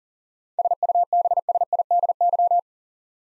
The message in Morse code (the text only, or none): SUBSIDY